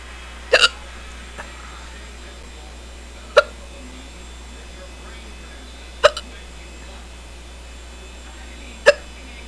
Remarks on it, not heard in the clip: Really hurting my throat. I don't think there's anything I can do to stop these hiccups. I think I just have to let them go until they decide to stop on their own.